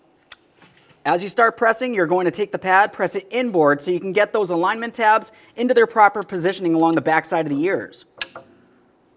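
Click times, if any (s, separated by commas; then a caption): 8.2 s. A rear brake pad on a 2008-2017 Mitsubishi Lancer is pressed inboard into the brake caliper so its alignment tabs go behind the caliper ears, while someone talks. A sharp click is heard at 8.2 s as the pad seats and clips onto the caliper.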